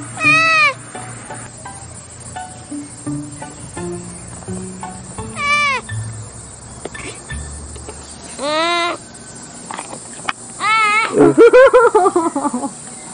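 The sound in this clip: Sloth uttering a series of sharp, arched bleats, several seconds apart, ending in a fast run of rapid pulsed cries, with a low background hum.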